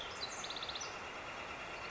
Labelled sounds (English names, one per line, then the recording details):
Northern Flicker
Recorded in Sonoma County, California